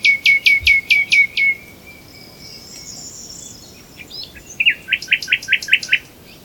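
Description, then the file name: Common nightingale song: a run of loud, evenly spaced notes, a long thin steady whistle, then a fast rhythmic burst of clipped repeated notes. "Luscinia megarhynchos"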